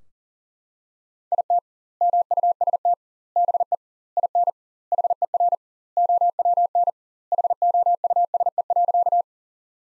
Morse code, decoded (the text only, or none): IT MUST BE IN HER OWN HOUSE.